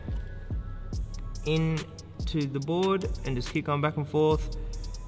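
The original ribbon touch cable from the screen of a 2021/2022 Nissan Patrol/Armada, during a CarPlay retrofit, is worked back and forth into the connector on the interface circuit board while someone talks over music. A few faint, short handling taps are heard, but the cable has not clicked or seated in the connector yet.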